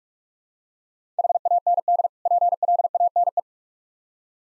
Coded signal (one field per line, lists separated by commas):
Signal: Morse code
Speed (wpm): 49 wpm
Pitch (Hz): 700 Hz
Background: none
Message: HAND PLANE